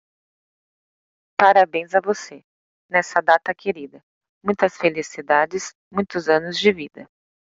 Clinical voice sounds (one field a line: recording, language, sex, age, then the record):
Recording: short text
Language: Brazilian Portuguese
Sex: female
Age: 20 to 29 years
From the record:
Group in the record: control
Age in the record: 29 years